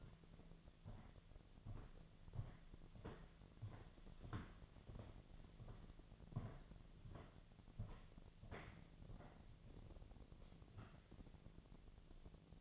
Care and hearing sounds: daily activity, microphone in the room; walk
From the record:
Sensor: 4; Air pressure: 1009.1 hPa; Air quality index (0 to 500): 168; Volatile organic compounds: 4 ppm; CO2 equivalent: 1695 ppm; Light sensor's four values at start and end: 24/76/29/28 and 24/76/29/28

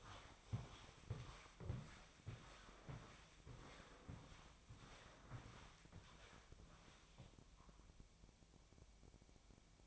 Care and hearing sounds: daily activity, microphone in the room; walk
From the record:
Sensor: 1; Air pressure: 1000.5 hPa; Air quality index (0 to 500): 173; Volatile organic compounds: 4 ppm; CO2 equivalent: 1602 ppm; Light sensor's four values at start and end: 13/33/13/15 and 14/34/14/16

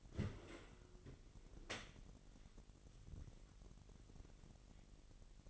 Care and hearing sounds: daily activity, microphone in the room; open dishwasher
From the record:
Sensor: 4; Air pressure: 999.2 hPa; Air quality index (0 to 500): 120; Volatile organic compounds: 2 ppm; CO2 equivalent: 1182 ppm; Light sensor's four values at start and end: 9/22/9/10 and 9/21/8/9

